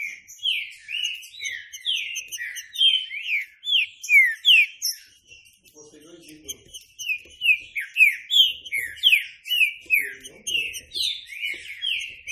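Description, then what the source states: Green-winged saltator song: a fast, continuous stream of clipped, slurred whistles, pausing briefly in the middle before resuming strongly. Classic song style, used as a training recording for the bird.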